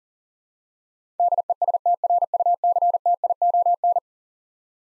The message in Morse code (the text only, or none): DESTRUCTION